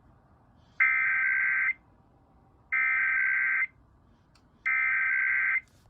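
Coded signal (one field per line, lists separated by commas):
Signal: Emergency Alert System (SAME) tones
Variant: header bursts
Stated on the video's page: Real EAS test sent by the KLOVE station and relayed through a NOAA weather radio source.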